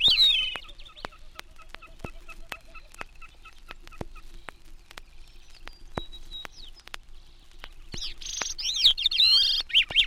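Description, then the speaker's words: Gray-cheeked Thrush with a brief high phrase at the start, scattered thin calls, then a wavering, slurred song at the end; repeated ticking notes and faint rhythmic calls behind. Calls and then sings from dwarf spruces at timberline near Hudson Bay; a Wilson's snipe calls in the background. "Gray-cheeked thrush calls and then sings from the dwarf spruces at timberline near Hudson Bay. A Wilson snipe is heard in the background."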